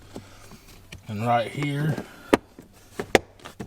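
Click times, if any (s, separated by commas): 3.2 s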